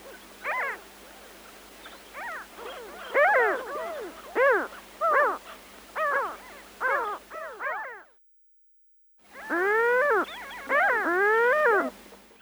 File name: Larus melanocephalus